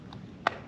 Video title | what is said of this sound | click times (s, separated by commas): Smitty cleans both the Terra Trike and Sun Seeker Chains and makes FAT TAD MOD | slide that on there like that and it locks into place that gives you something to hold on to | 0.5 s